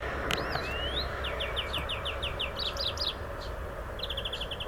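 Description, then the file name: European greenfinch with a rising whistled note, then a measured series of short downslurred chirps and a fast closing trill, against persistent low-pitched background noise. "Chloris chloris"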